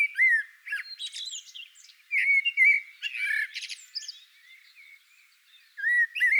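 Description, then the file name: Common blackbird song: flowing fluted notes mixed with high, chattering twitters, a brief lull, then another mellow phrase starting. "Koltrast"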